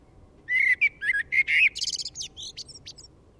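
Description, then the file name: Common blackbird song phrase: a run of rich fluty notes swelling into a fast jumble of high, thin, scratchy twittering that fades out. "Turdus merula"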